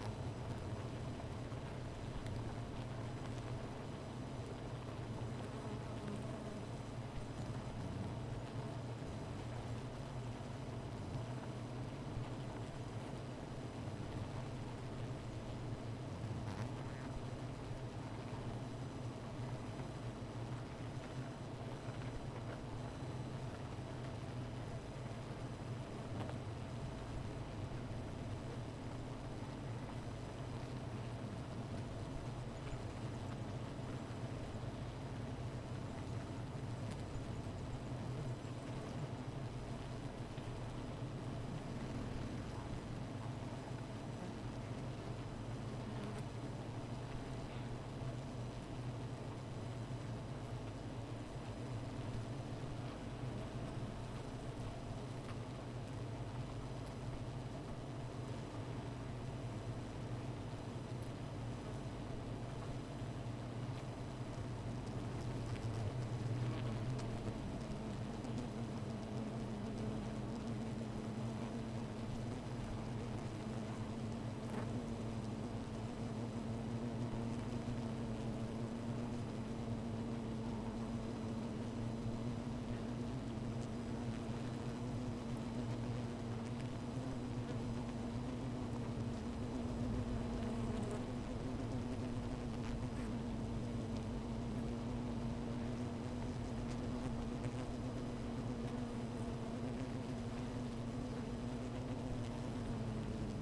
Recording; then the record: honeybee colony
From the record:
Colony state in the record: missing queen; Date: 14 July 2017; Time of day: 16:11